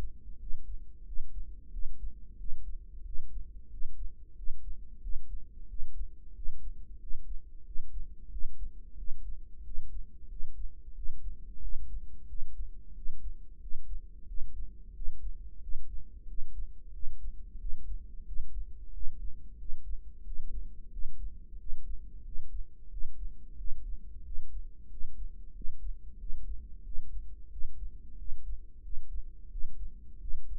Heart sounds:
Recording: heart sounds by microphone in the right ear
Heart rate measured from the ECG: 91 bpm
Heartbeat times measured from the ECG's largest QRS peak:
0.40 s: heartbeat
1.07 s: heartbeat
1.72 s: heartbeat
2.39 s: heartbeat
3.06 s: heartbeat
3.72 s: heartbeat
4.37 s: heartbeat
5.03 s: heartbeat
5.69 s: heartbeat
6.36 s: heartbeat
7.01 s: heartbeat
7.66 s: heartbeat
8.31 s: heartbeat
8.98 s: heartbeat
9.65 s: heartbeat
10.30 s: heartbeat
10.96 s: heartbeat
11.62 s: heartbeat
12.28 s: heartbeat
12.96 s: heartbeat
13.61 s: heartbeat
14.28 s: heartbeat
14.95 s: heartbeat
15.62 s: heartbeat
16.28 s: heartbeat
16.94 s: heartbeat
17.60 s: heartbeat
18.27 s: heartbeat
18.94 s: heartbeat
19.59 s: heartbeat
20.26 s: heartbeat
20.92 s: heartbeat
21.59 s: heartbeat
22.25 s: heartbeat
22.91 s: heartbeat
23.58 s: heartbeat
24.25 s: heartbeat
24.91 s: heartbeat
25.55 s: heartbeat
26.20 s: heartbeat
26.85 s: heartbeat
27.51 s: heartbeat
28.19 s: heartbeat
28.84 s: heartbeat
29.51 s: heartbeat
30.21 s: heartbeat
From the record:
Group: healthy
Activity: rest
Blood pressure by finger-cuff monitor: 140/88 mmHg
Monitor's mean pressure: 106 mmHg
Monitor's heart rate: 91 bpm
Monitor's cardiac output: 7.4 L/min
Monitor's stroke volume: 82 mL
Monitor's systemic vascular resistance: 1060 dyn s/cm5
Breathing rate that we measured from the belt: 19 breaths a minute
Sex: male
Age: 21 years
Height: 175 cm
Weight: 72.6 kg

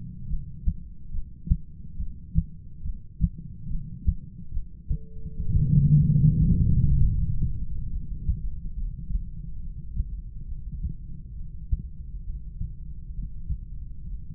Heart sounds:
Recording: heart sounds by stethoscope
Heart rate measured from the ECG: 70 bpm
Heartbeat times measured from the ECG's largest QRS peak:
0.30 s: heartbeat
1.13 s: heartbeat
1.99 s: heartbeat
2.84 s: heartbeat
3.70 s: heartbeat
4.53 s: heartbeat
5.38 s: heartbeat
6.23 s: heartbeat
7.05 s: heartbeat
7.92 s: heartbeat
8.76 s: heartbeat
9.62 s: heartbeat
10.49 s: heartbeat
11.37 s: heartbeat
12.26 s: heartbeat
13.15 s: heartbeat
14.03 s: heartbeat
From the record:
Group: heart failure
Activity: rest 0-5 s, Valsalva maneuver 5-14 s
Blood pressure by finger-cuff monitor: 130/92 mmHg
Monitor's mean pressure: 107 mmHg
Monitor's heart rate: 70 bpm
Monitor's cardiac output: 6.9 L/min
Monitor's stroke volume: 98 mL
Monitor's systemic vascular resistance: 1120 dyn s/cm5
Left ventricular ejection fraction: 25%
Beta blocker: metoprolol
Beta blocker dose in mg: 62.5 twice daily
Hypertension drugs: ramipril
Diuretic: furosemide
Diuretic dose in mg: 40 twice daily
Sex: male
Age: 57 years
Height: 180 cm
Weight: 90.5 kg

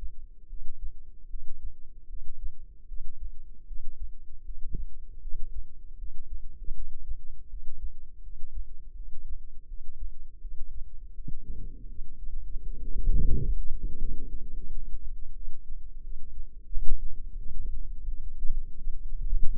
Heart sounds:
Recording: heart sounds by microphone in the left ear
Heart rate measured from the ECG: 82 bpm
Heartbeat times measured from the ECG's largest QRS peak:
0.47 s: heartbeat
1.27 s: heartbeat
2.07 s: heartbeat
2.86 s: heartbeat
3.65 s: heartbeat
4.42 s: heartbeat
5.19 s: heartbeat
5.96 s: heartbeat
6.72 s: heartbeat
7.47 s: heartbeat
8.20 s: heartbeat
8.93 s: heartbeat
9.65 s: heartbeat
10.38 s: heartbeat
11.12 s: heartbeat
11.86 s: heartbeat
12.60 s: heartbeat
13.28 s: heartbeat
13.97 s: heartbeat
14.66 s: heartbeat
15.33 s: heartbeat
16.01 s: heartbeat
16.68 s: heartbeat
17.36 s: heartbeat
18.05 s: heartbeat
18.75 s: heartbeat
19.46 s: heartbeat
From the record:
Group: healthy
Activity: breath hold 0-9 s, rest 9-20 s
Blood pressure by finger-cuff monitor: 107/76 mmHg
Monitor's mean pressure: 89 mmHg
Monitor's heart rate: 80 bpm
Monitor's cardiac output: 6.6 L/min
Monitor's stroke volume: 82 mL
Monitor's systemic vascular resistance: 970 dyn s/cm5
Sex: female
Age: 22 years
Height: 160 cm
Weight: 45 kg

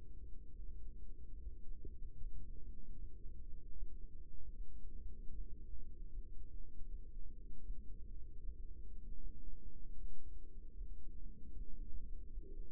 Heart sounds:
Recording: heart sounds by microphone in the right ear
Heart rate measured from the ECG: 77 bpm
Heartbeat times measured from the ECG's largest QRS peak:
0.55 s: heartbeat
1.35 s: heartbeat
2.13 s: heartbeat
2.91 s: heartbeat
3.70 s: heartbeat
4.48 s: heartbeat
5.27 s: heartbeat
6.06 s: heartbeat
6.82 s: heartbeat
7.59 s: heartbeat
8.36 s: heartbeat
9.14 s: heartbeat
9.93 s: heartbeat
10.71 s: heartbeat
11.49 s: heartbeat
12.25 s: heartbeat
From the record:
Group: healthy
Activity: Valsalva maneuver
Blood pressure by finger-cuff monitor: 105/77 mmHg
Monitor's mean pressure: 85 mmHg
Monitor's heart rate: 77 bpm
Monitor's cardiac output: 6.3 L/min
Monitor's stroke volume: 83 mL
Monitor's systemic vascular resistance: 970 dyn s/cm5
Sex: male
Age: 57 years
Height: 188 cm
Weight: 106 kg

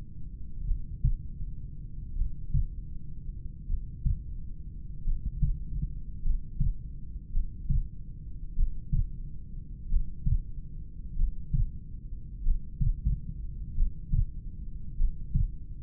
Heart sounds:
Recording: heart sounds by stethoscope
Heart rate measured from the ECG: 46 bpm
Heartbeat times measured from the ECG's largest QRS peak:
0.70 s: heartbeat
2.20 s: heartbeat
3.71 s: heartbeat
5.08 s: heartbeat
6.26 s: heartbeat
7.36 s: heartbeat
8.59 s: heartbeat
9.93 s: heartbeat
11.20 s: heartbeat
12.47 s: heartbeat
13.79 s: heartbeat
15.00 s: heartbeat
From the record:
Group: heart failure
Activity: breath hold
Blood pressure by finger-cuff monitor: 123/74 mmHg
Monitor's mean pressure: 83 mmHg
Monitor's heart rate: 45 bpm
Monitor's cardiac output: 4.5 L/min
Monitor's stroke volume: 99 mL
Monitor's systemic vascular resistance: 1350 dyn s/cm5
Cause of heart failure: familial cardiomyopathy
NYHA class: 1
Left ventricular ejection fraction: 49%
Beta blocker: bisoprolol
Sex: male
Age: 31 years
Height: 194 cm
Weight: 96 kg

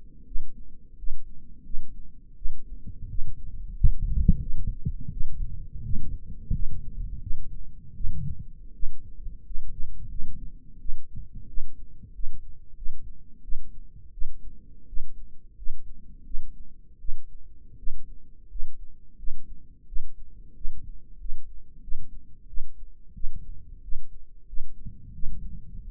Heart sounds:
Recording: heart sounds by microphone in the right ear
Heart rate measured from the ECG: 87 bpm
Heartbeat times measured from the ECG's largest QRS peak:
0.26 s: heartbeat
0.97 s: heartbeat
1.65 s: heartbeat
2.36 s: heartbeat
3.09 s: heartbeat
3.76 s: heartbeat
4.40 s: heartbeat
5.12 s: heartbeat
5.84 s: heartbeat
6.53 s: heartbeat
7.21 s: heartbeat
7.95 s: heartbeat
8.74 s: heartbeat
9.45 s: heartbeat
10.09 s: heartbeat
10.80 s: heartbeat
11.48 s: heartbeat
12.13 s: heartbeat
12.76 s: heartbeat
13.43 s: heartbeat
14.12 s: heartbeat
14.87 s: heartbeat
15.57 s: heartbeat
16.25 s: heartbeat
16.99 s: heartbeat
17.77 s: heartbeat
18.49 s: heartbeat
19.18 s: heartbeat
19.87 s: heartbeat
20.55 s: heartbeat
21.19 s: heartbeat
21.82 s: heartbeat
22.48 s: heartbeat
23.15 s: heartbeat
23.82 s: heartbeat
24.47 s: heartbeat
25.14 s: heartbeat
25.82 s: heartbeat
From the record:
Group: healthy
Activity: rest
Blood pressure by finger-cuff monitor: 119/77 mmHg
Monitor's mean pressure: 87 mmHg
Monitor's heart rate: 86 bpm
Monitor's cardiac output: 6.8 L/min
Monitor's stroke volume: 78 mL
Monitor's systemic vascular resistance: 940 dyn s/cm5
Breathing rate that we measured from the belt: 21 breaths a minute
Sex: female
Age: 22 years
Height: 163 cm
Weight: 67.1 kg

